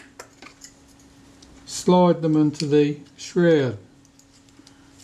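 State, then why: Not seated. Two small metal camera mechanism parts for a Kodak Retina IIIC with a bad cocking rack are held compressed between finger and thumb and lined up to slide into the metal shroud, giving small handling clinks at about 0.2, 0.5, 0.6, 1.4, 4.1, 4.2, 4.5 and 4.7 seconds. Someone talks in the middle of the clip. Nothing has seated or clicked into place yet.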